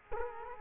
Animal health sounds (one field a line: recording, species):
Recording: mosquito wingbeat signal from an infrared sensor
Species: Culex quinquefasciatus